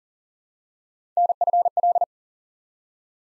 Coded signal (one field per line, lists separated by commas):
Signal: Morse code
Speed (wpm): 40 wpm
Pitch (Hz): 700 Hz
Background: none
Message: NFL